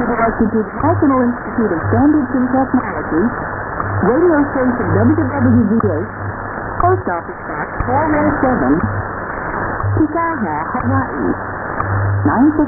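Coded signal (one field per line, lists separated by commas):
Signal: radio time signal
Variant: WWV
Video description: Time signals from Colorado received loud and clear, with Hawai barely audible in the background on 10 mHz.around 0620 UTC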